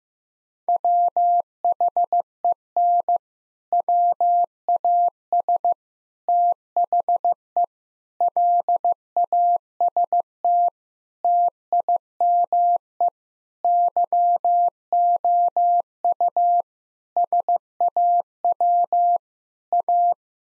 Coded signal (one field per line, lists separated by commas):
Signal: Morse code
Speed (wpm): 15 wpm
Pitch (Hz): 700 Hz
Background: none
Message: WHEN WAS THE LAST TIME YOU SAW A